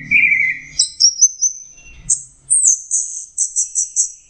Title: Burung Anis Merah